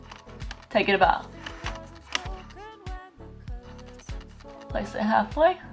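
A magnetic false eyelash from One Two Cosmetics is handled, its outer edge held and brought toward the magnetic eyeliner on the right eye. Someone talks over background music, with small taps and clicks throughout, the sharpest near 2.1 s. The clip ends before the lash goes home, so nothing has seated or clicked yet.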